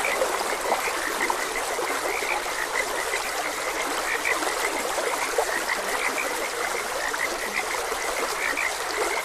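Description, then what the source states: Steady frog chorus, many short croaks layered densely without gaps, over a constant background of trickling, rushing water. Frogs croaking beside a gentle stream.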